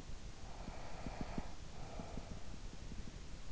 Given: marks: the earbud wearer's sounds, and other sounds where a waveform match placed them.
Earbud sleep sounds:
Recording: sounds in sleep by an in-ear microphone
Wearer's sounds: breath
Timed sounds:
0.14-3.11 s: breath

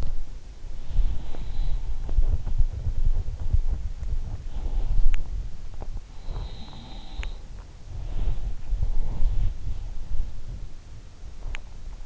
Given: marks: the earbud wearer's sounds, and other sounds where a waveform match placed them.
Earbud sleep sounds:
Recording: sounds in sleep by an in-ear microphone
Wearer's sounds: body movement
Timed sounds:
0.00-12.06 s: body movement
0.94-2.34 s: sound from someone else or the room
6.11-7.55 s: sound from someone else or the room

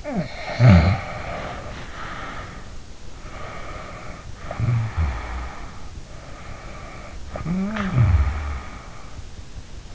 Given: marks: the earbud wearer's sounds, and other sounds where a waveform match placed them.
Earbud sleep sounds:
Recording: sounds in sleep by an in-ear microphone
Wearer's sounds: snoring breath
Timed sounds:
0.00-2.81 s: snoring breath
3.41-6.00 s: snoring breath
6.40-9.37 s: snoring breath

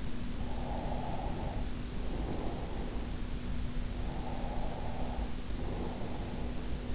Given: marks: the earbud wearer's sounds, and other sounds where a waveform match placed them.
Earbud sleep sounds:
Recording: sounds in sleep by an in-ear microphone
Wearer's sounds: breath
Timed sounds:
0.40-3.21 s: breath
4.00-6.95 s: breath

